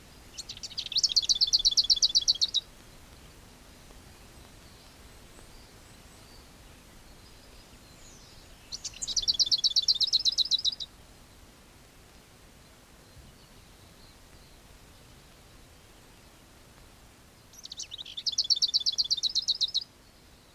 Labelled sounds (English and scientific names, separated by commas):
Lesser Whitethroat (Sylvia curruca) song